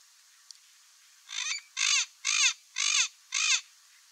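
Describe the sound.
Amazon parrot giving a run of five harsh, grating squawks at an even pace after a quiet start with one faint click.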